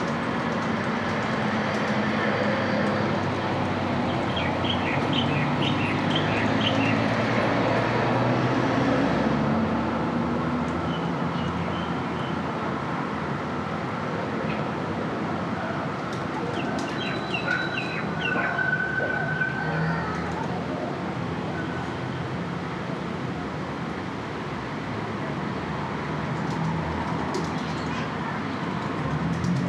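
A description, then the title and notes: A front room with front-yard sounds drifting in: a steady, dense rumble like passing vehicles runs throughout, swelling slightly in the first ten seconds. Short bird chirps come in a run near the start and again around seventeen to twenty seconds, with scattered light clicks. Her front room accompanied by the sounds of her front yard.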